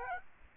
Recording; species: mosquito wingbeat signal from an infrared sensor; Aedes aegypti